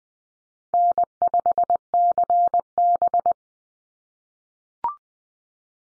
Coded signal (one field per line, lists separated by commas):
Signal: Morse code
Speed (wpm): 20 wpm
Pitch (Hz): 700 Hz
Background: none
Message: N5CB